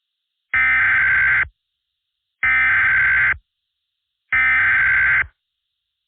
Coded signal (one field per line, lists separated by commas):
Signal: Emergency Alert System (SAME) tones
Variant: header bursts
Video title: EAS Mini Scenario - All Out War: MADE IN CHINA